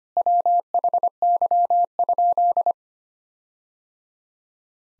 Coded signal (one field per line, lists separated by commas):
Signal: Morse code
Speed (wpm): 25 wpm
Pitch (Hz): 700 Hz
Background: none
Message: WHY?